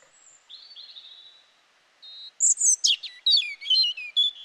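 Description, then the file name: European robin song: drawn-out thin whistles, a pause, then a loud sequence of quick, sharp, tumbling high notes. "Erithacus rubecula"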